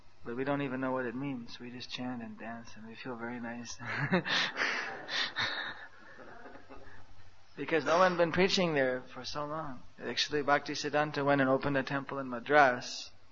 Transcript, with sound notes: we don’t even know what it means, we just chant and dance, and we feel very nice.” (laughter) Because no one done preaching there for so long. Actually Bhaktisiddhanta went and opened a temple in Madras.